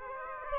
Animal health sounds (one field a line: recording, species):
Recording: mosquito wingbeat signal from an infrared sensor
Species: Aedes aegypti